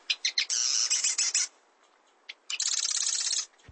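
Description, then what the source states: Marsh Wren song: grating, buzzy rattles opening with a few sharp clicks, a pause, then another long scratchy trill. Males may sing straight through the night; Audubon likened the song to the grating of a rusty hinge, Wilson to air bubbles forcing through mud; the birds forage out of view among cattails.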